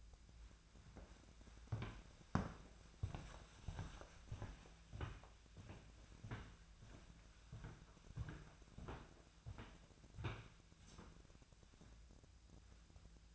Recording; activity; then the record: daily activity, microphone in the room; walk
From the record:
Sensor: 2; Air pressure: 1008.2 hPa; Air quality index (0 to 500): 180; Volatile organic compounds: 10 ppm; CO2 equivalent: 2214 ppm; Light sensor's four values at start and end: 13/32/13/14 and 13/31/13/14